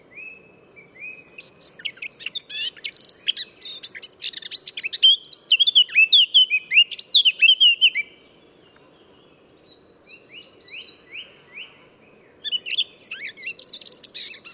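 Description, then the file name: Eurasian blackcap song: a scratchy, chattering warble that breaks into clear whistled phrases, drops to a few quiet notes around eight seconds, then resumes near the end. "Sylvia atricapilla"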